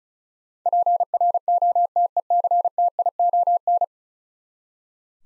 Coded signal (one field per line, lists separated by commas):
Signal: Morse code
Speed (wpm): 36 wpm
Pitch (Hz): 700 Hz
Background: none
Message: PROTECTION